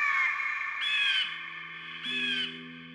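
Crows caw in harsh, raspy bursts, a few loud calls spaced about a second apart, with a low steady hum joining underneath midway through.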